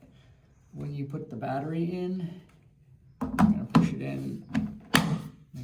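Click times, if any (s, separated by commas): 4.9 s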